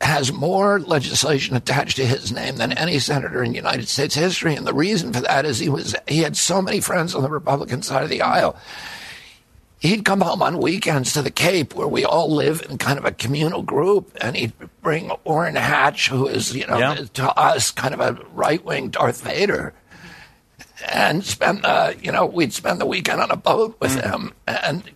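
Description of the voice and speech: An adult man speaks at a steady conversational pace in a tight, strained, gravelly voice with frequent creaky, breaking segments. This is spasmodic dystonia, a neurological disorder that began after an injury in 1996 at age 42, in which the vocal cords involuntarily tighten and produce a strangled, rough quality. Surgery in Kyoto, Japan about eight months earlier made the voice more reliable.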